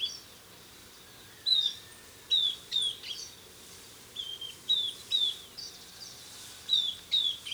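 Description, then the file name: Southern beardless tyrannulet calling with paired and tripled high, thin falling whistles spaced throughout, over a quiet hiss. "Camptostoma obsoletum - Southern Beardless Tyrannulet"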